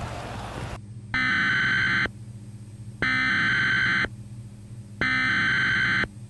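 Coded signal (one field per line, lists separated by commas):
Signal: Emergency Alert System (SAME) tones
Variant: header bursts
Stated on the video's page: Simulated visualization of an Emergency Alert System activation; not a real alert.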